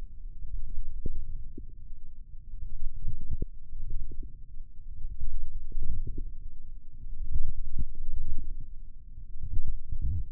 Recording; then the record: forearm muscle sounds (acoustic myography)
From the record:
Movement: wrist flexion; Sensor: system 1, eight BSWA MPA416 microphones around the upper forearm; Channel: 5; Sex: female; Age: 21 years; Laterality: right